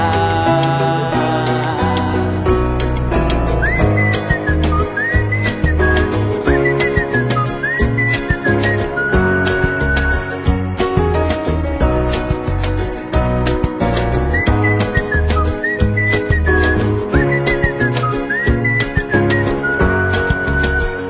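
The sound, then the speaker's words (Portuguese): A bright whistled tune rises and falls in short, repeating melodic phrases, riding over a full, steady band accompaniment with a driving rhythm and deep bass. “E quem diria que esta alegria me pusesse logo, logo a assobiar.”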